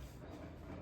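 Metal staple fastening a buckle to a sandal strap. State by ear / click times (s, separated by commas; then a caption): not seated / none. A metal staple holding a replacement buckle on a Birkenstock sandal strap is handled with a hand stapling tool. Only a steady, low rumbling noise is heard, with no sharp sounds. Nothing has clicked or seated yet.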